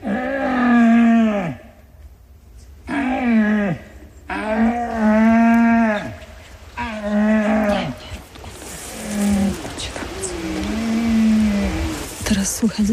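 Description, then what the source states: Red deer rutting roars: a series of about six deep, harmonic bellows, each sliding down at the end, the later ones softer over a hissy background. Stag roaring during the rut in the Gorce mountains, behind the observers, having moved to where the caller had been luring, apparently searching for a rival.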